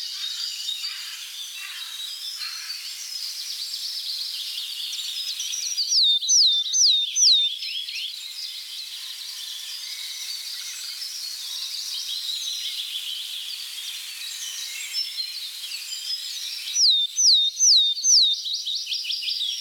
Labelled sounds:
Willow Tit song
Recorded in the wild
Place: NSG Taubergießen / Reg.-Präs. Freiburg im Breisgau, Baden-Württemberg, DE
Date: 1983-04-17
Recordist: Schwarz, Dieter

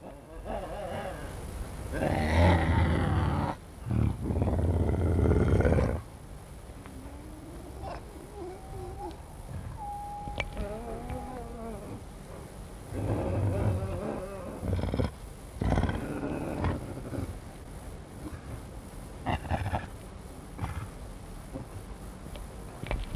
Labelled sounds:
Eurasian Lynx
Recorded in captivity
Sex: pair
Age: adult
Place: Tierpark Berlin, Berlin, DE
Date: 1963-02-14 18:00
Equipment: Minifon, Kopie Smaragd
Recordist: Tembrock, Günter

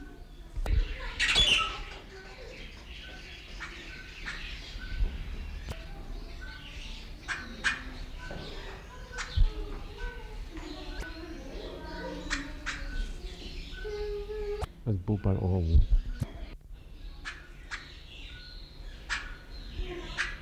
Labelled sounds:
White-billed Buffalo-weaver call
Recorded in captivity
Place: Zoo Berlin, Berlin, DE
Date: 1994-10-01 12:09
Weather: wolkig (Regen)-heiter, 12°C
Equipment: Marantz CP 430, Sennheiser ME 80, Kopie Uher Variocord 263
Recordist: Tembrock, Günter
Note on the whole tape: "Tschak"-Laute (Kurzlaute)

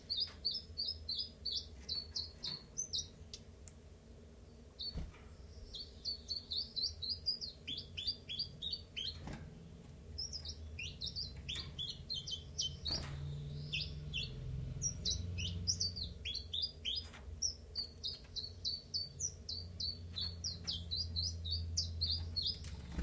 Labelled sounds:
Common Chiffchaff
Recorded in captivity
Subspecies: collybita
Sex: male
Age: adult
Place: Zoologisches Institut Universität Tübingen, Baden-Württemberg, DE
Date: 1963-03-11
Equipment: LGS26
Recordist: Schneider, Hans-Joachim
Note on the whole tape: Rivalengesänge. Ein Paar (Männchen: blau gelb/gelb, Weibchen: blau gelb/grün). Auf dieser Audiodatei auch Aufnahmen vom 12. März. Aufnahmen jeweils bis 7 Uhr

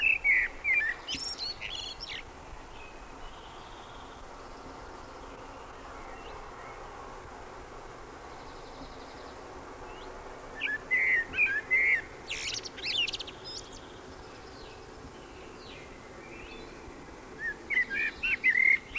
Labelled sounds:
Common Blackbird song
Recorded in the wild
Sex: male
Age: adult
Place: Hiltpoltstein, Bayern, DE
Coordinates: 49.6597, 11.3194
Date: 1963-06-04
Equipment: Nagra, AKG D19-200, Parabol, Original, Vollspur
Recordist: Tretzel, Erwin

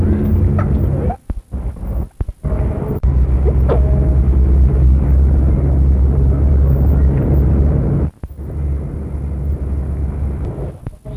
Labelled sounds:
Giant Otter call
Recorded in captivity
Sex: pair
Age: adult
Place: Tierpark Carl Hagenbeck, Hamburg, DE
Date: 1961
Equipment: Minifon, Kopie Smaragd
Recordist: Tembrock, Günter
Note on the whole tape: Paar: diverse Lautformen, Schreien, wenn voneinander entfernt, Muckern bei Annäherung (Männchen), die 2-silbigen Laute beim Laufen, Langrufe vom Männchen stehend, auch Laute bei Fütterung. Abstand: 1-15 m. Aufnahmedatum: 24./25.08.1961

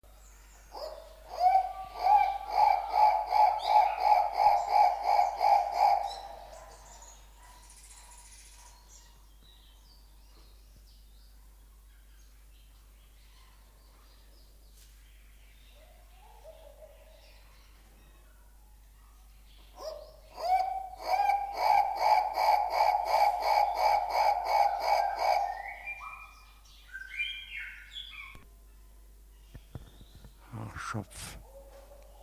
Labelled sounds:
Guinea Turaco call
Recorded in captivity
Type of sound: call sequence
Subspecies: persa
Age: adult
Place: Zoo Berlin, Berlin, DE
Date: 1997-11-22 11:53
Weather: bedeckt, ca.1°C
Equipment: Nagra SN, Kopie Uher 4000 Report Monitor
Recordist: Tembrock, Günter
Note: Haarschopf-Turako (T.p.persa): Rufreihen, Entfernung ca. 3 m

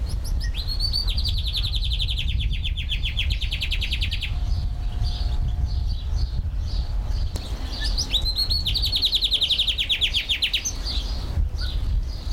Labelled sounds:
Long-tailed Rosefinch
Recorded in captivity
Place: Zoo Berlin, Berlin, DE
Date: 1996-05-05 15:05
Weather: bedeckt, 8°C
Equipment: Sony MD-WM MZ-R3, Sennheiser MKH 416 T, Kopie Uher 4000 Report Monitor
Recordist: Tembrock, Günter

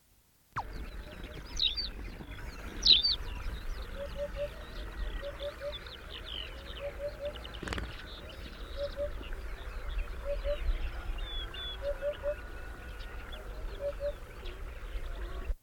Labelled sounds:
Eurasian Hoopoe call
Tawny Pipit song
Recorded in the wild
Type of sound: call
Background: Anthus campestris
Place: Dumbraveni, Transilvania, RO
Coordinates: 46.23, 24.575
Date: 1973-05-01
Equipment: Nagra III BH, Sennheiser MD 21, parabola
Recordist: Schubert, Michael
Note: Brachpieper und Wiedehopf

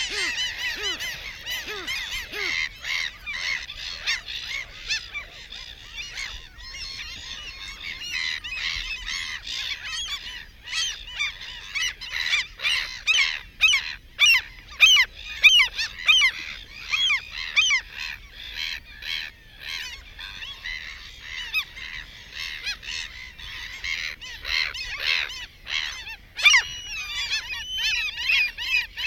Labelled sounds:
Mediterranean Gull call
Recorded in the wild
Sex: female
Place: Langenwerder, Mecklenburg-Vorpommern, DE
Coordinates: 54.027, 11.493
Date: 1969-06-08
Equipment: Nagra III BH, 2 Sennheiser MD 421, Kabel
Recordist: Schubert, Michael

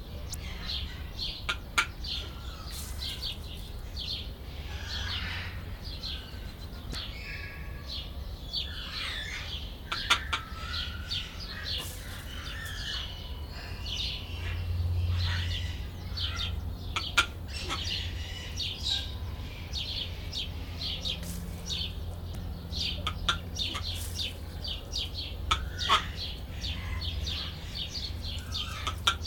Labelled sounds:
Palm Cockatoo
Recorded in captivity
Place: Zoo Berlin, Berlin, DE
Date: 1996-04-20 18:29
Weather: sonnig, 24°C
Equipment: Sony MD-WM MZ-R3, Sennheiser MKH 416 T, Kopie Uher 4000 Report Monitor
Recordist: Tembrock, Günter

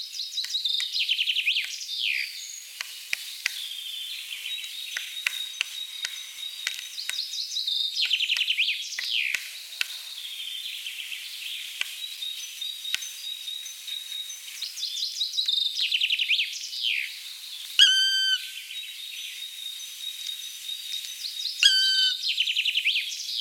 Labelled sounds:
Black Woodpecker
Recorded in the wild
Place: Jägerhof / Breisach am Kaiserstuhl, Baden-Württemberg, DE
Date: 1986-04-05
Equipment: Uher Report Monitor
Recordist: Schwarz, Dieter

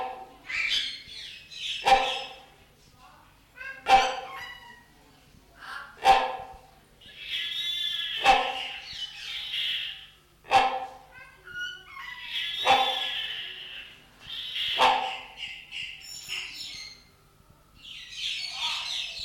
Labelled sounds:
Great Hornbill call
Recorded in captivity
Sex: pair
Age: adult
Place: Zoo Berlin, Berlin, DE
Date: 1994-02-12 10:55
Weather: bedeckt, leichter Schneefall, um 0°C
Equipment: Marantz CP 430, Sennheiser MKH 416 T, Kopie Uher Variocord 263
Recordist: Tembrock, Günter

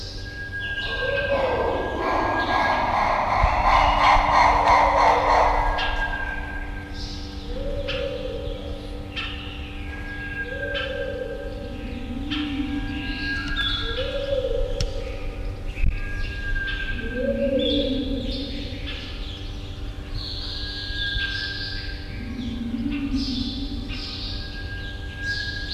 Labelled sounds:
Sunbittern
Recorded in captivity
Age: adult
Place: Tierpark Berlin, Berlin, DE
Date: 1974-01-26 10:40
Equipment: Uher 4200 Report Monitor, Verst., Sennheiser MD 421
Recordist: Tembrock, Günter

